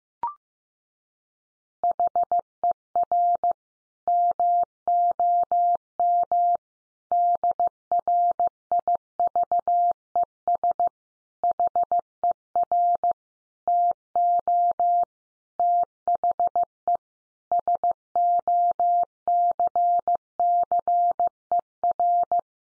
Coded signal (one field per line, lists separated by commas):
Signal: Morse code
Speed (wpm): 15 wpm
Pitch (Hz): 700 Hz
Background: none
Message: HER MOM DRIVES HER TO THE SOCCER